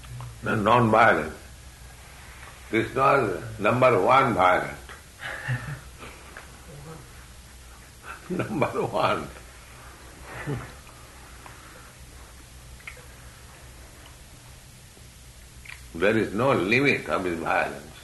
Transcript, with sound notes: That nonviolence. Kṛṣṇa is number one violent. [chuckles] Number one. There is no limit of His violence.